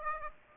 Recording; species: mosquito wingbeat signal from an infrared sensor; Aedes aegypti